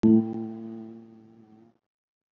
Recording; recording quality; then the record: sustained vowel as in boot; excellent, no background noise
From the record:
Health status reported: COVID-19 positive, moderate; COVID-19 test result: positive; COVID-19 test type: RT-PCR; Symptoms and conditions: cough, breathing difficulty, fever, fatigue, muscle pain, loss of smell and taste, hypertension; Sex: male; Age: 50 years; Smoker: no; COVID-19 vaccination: both doses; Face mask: worn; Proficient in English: no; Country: India